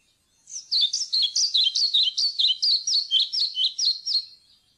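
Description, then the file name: European pied flycatcher singing a rapid run of many high, sweeping notes. "svarthvit fluesnapper"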